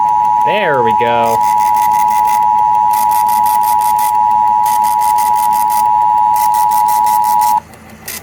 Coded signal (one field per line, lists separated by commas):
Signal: Emergency Alert System (SAME) tones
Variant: 853 and 960 Hz attention tone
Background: speech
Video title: NATIONAL EAS TEST 2023... || EAS Alerts from October 2023 (EAS #2,185-2,215)